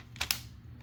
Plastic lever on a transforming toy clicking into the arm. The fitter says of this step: So it should be something like this. Click into place.